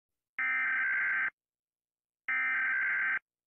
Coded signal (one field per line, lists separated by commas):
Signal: Emergency Alert System (SAME) tones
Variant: header bursts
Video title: 10 minutes and 22 seconds of Animated EAS alarm